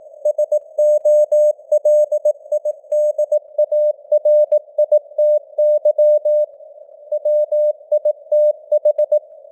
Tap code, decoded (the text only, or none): none